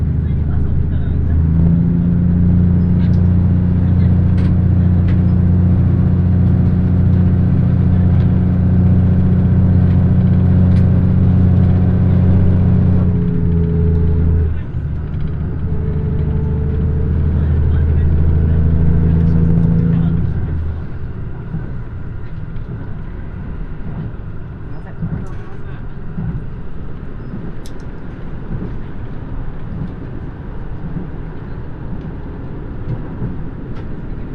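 A diesel express train on the Kansai Main Line, recorded on board. A steady low engine drone with a strong hum runs until about 13 seconds, pauses briefly, returns around 15 seconds, then drops away near 21 seconds, leaving a softer rolling rumble with scattered clicks.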